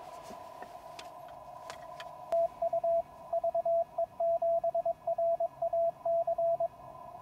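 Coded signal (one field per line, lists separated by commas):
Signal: Morse code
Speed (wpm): 22 wpm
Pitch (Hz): 670 Hz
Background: radio noise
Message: TU VE7RAC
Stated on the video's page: QRP contacts at 5 watts from the field on the 20 meter band, reaching far-away stations.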